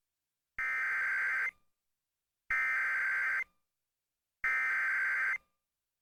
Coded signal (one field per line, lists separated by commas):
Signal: Emergency Alert System (SAME) tones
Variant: header bursts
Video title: Severe Thunderstorm Warning on WFXH-FM (6/3/2022) (EAS #1465)